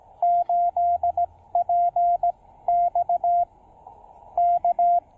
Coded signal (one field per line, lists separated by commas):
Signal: Morse code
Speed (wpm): 19 wpm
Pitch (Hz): 700 Hz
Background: none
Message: 8P X K